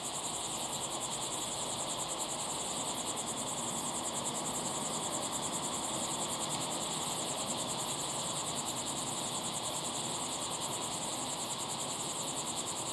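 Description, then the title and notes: Crickets in an even, shrill chorus with faint regular ticks on top and a constant low hiss beneath. Crickets chirping at sunset in the Timanfaya pyroclastic desert, Lanzarote; field-recorded with ambisonic equipment, converted to binaural audio with simulated slow head movements. "listen to the crickets at sunset in the incredible Timanfaya pyroclastic desert on the island of Lanzarote"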